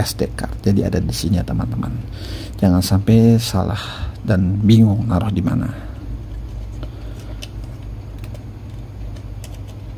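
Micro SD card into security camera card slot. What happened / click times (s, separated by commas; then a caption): Handled, not yet home: memory card being pushed into a camera slot / none. A micro SD memory card is being handled at the card slot in the head of a small plastic Ezviz C6N home security camera while someone talks. After the talk, a few small, sharp handling ticks follow. Nothing has seated or clicked yet.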